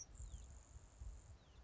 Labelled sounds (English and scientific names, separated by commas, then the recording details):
Grasshopper Sparrow (Ammodramus savannarum)
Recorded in Sonoma County, California